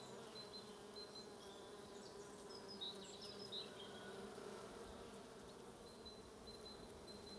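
Bees buzzing in a steady low drone with layered hum tones.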